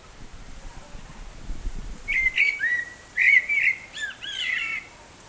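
Blackbird song: low fluted warbling phrases that end in thin, squeaky twitters, about three seconds of singing after a quiet start, with faint low rumble early on.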